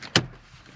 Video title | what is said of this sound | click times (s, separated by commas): Autostop eliminator install (21 Chevy Silverado) | back around through there it all snaps back in | 0.2 s